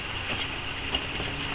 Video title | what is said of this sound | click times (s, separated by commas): home made roadster body part 26 | it clips snaps into place right on that radiator cap and | 1.0 s